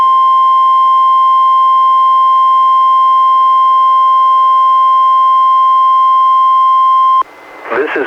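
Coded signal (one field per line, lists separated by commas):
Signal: Emergency Alert System (SAME) tones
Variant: 1050 Hz attention tone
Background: speech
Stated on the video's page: NOAA Weather Radio Required Weekly Tests from NWS Portland relayed by the Astoria transmitter, recorded from a Reecom R-1630 weather radio via Zoom H1 recorder.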